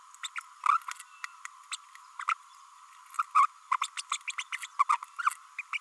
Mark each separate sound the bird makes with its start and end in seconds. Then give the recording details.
0.23-0.27, 0.35-0.40, 0.68-0.78, 1.71-1.76, 2.19-2.24, 3.34-3.46, 3.71-3.77, 3.81-3.87, 3.97-4.02, 4.11-4.17, 4.27-4.32, 4.38-4.43, 4.52-4.58, 4.61-4.67, 4.79-4.84, 4.89-4.97, 5.18-5.30, 5.58-5.62, 5.72-5.78. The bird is a female. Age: 30 days. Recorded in a nest box in Venezuela. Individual 17B32A5